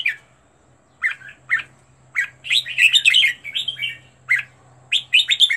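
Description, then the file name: Red-whiskered bulbul: scattered single whistles build into a rich, rolling warble, then a few more separate notes follow. Used to teach birds to sing, featuring 15 standard song styles. "tieng-luyen-giong-chao-mao-hot-15-giong-chuan"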